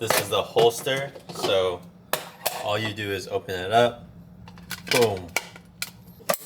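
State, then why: Seated. A frozen dessert pint container is placed into its plastic outer bowl holder, which is closed around it while someone talks. Short plastic clicks at 5.8 s and 6.3 s mark the container locking into place in the bowl.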